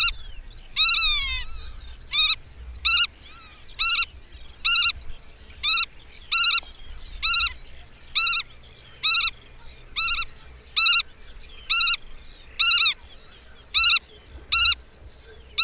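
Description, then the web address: Black-tailed godwit giving a long series of sharp, nasal, ringing notes at a steady pace over a low background rumble. "Madardalok - Nagy goda"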